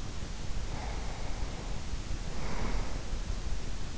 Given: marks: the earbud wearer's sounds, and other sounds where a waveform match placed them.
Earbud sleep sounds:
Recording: sounds in sleep by an in-ear microphone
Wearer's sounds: breath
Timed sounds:
0.13-3.66 s: breath

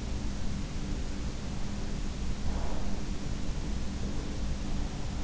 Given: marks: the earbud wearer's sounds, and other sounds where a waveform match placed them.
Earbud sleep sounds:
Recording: sounds in sleep by an in-ear microphone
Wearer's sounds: breath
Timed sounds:
2.14-3.27 s: breath

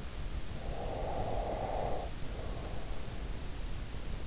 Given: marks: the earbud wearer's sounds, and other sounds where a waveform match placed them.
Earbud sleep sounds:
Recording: sounds in sleep by an in-ear microphone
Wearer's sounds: breath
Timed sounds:
0.66-3.16 s: breath

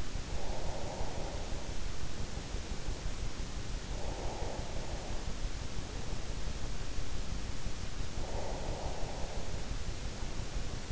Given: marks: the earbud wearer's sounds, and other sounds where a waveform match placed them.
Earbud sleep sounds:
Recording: sounds in sleep by an in-ear microphone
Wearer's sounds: breath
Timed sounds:
0.00-3.26 s: breath
3.79-7.01 s: breath
7.94-10.92 s: breath

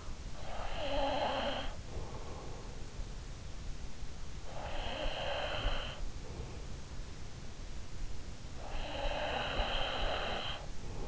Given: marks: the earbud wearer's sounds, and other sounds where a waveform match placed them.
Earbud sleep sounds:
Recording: sounds in sleep by an in-ear microphone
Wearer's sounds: breath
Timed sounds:
0.00-2.29 s: breath
3.94-6.34 s: breath
8.06-11.08 s: breath

